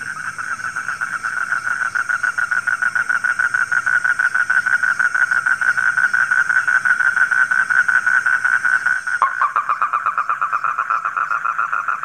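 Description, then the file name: Frog giving a continuous run of quick pulsed calls running together, the sound shifting abruptly near the end. Calling at night. "suara kodok di malam hari"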